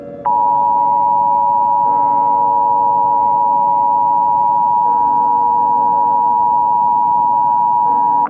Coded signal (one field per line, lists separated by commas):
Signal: Emergency Alert System (SAME) tones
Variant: 853 and 960 Hz attention tone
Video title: EAS Scenario - The Exploding Sun Remastered + a message at the end